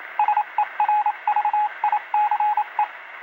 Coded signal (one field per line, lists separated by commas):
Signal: Morse code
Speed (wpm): 27 wpm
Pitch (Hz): 840 Hz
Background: radio noise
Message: SERVICE